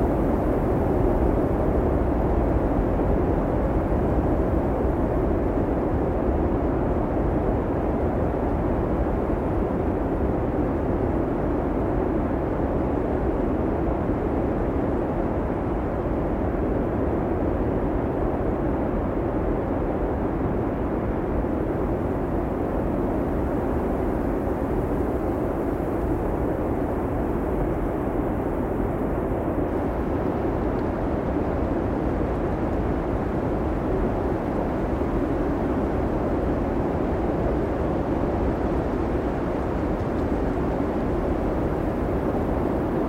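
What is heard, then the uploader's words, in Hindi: A roaring winter wind blows steadily through a snowstorm, a dense low rumble that barely changes over the whole recording. A grainy, icy hiss rides on top of the roar. Around the thirty-second mark the high hiss brightens slightly, with no distinct events. शीतकालीन तूफ़ान का वातावरण | आइसलैंडिक हिमपात और गर्जना करती हवाएँ. रेक्याविक में दिद्दू के विशाल हिमपात के दौरान रातभर में कैप्चर किया गया, तेज हवाओं और घूमते हुए बर्फ की असली और अनियंत्रित ध्वनियों का अनुभव करें।. हवाएँ बर्फीली सरसराहट में बदल जाती हैं, एक अनूठा प्राकृतिक श्वेत शोर बनाती हैं।.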